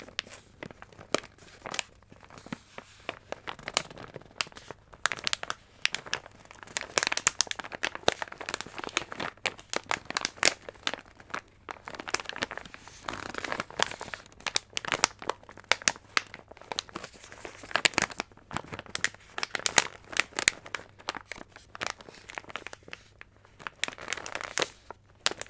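Crinkling sounds fill the whole stretch, a dense run of sharp, bright crackles and rustles that come in quick irregular bursts. Loudness rises and falls in uneven waves with brief quieter gaps, and a faint low hum sits steadily underneath.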